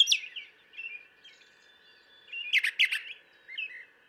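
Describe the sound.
Brown thrasher song: scattered short whistled and chirpy phrases with pauses, a louder cluster of harsh notes near the end, over a steady faint tone.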